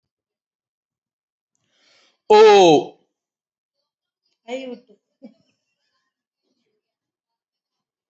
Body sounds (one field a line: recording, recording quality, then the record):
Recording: sustained vowel as in boot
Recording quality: moderate, slight background noise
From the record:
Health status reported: healthy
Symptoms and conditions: none ticked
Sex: male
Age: 56 years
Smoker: not ticked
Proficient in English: yes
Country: India